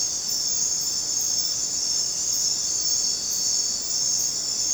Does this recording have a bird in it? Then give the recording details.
no. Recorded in dense forest near Puerto Asís, Putumayo, Colombia, on 23 June 2025 at 21:30. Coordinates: 0.484, -76.317. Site G045